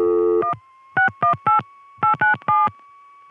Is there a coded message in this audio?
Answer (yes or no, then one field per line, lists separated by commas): yes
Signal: DTMF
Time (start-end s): 0.4-2.7 s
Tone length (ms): 120 ms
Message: 1 618 897